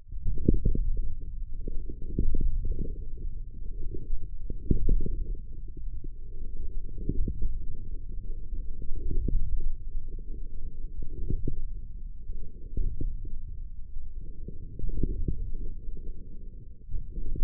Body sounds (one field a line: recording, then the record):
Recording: forearm muscle sounds (acoustic myography)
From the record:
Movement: forearm supination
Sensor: system 1, eight BSWA MPA416 microphones around the upper forearm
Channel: 5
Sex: male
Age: 28 years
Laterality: right